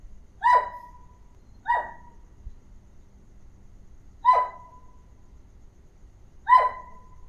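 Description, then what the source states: Dog barking: four sharp, high yaps spaced unevenly over several seconds, with low background hum. Barking of a small dog.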